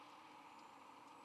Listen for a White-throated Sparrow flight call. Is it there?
no